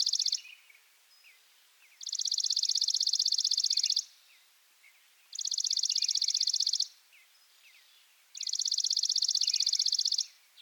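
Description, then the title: Chipping sparrow singing rapid monotone trills of high dry chips, three full bursts plus the tail of another, with light background bird chirps between phrases. Subspecies Spizella passerina arizonae; used as a master song for training birds. "burung gereja dead sea masteran. Chipping Sparrow (Spizella passerina arizonae)"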